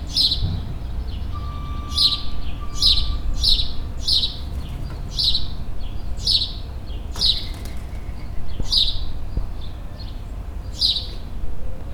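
Bird chirping: bright high notes repeated every second or so over a steady low rumble, with a brief faint steady tone early on.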